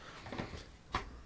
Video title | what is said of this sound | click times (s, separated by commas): Ultimate Fort Kerium Upgrade: Working Video Screens! (BraveStarr / Rio Blast) | And it just pops right in there. | 1.0 s